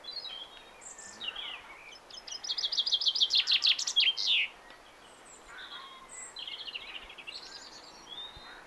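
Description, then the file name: Common chaffinch song: a bright trill of repeated notes ending in a flourish, with softer chirps and twitters before and after. "Fringilla coelebs"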